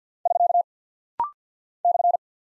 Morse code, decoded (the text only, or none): <SK> /